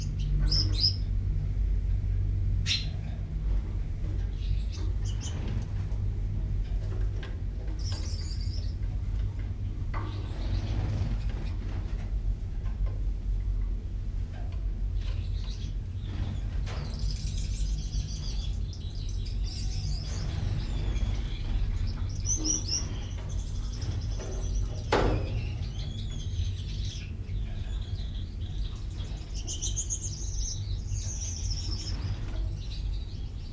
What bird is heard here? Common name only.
Common Chaffinch